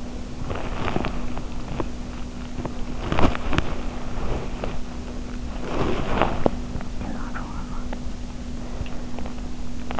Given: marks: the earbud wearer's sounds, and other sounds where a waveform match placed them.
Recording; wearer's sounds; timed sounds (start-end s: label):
sounds in sleep by an in-ear microphone; body movement
0.00-6.86 s: body movement